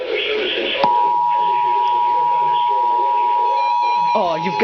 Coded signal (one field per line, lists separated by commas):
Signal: Emergency Alert System (SAME) tones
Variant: 853 and 960 Hz attention tone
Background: speech, music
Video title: EAS Alert #34 INTERRUPTED by #35 - Severe Thunderstorm Warning #13 INTERRUPTED by #14 7/18/12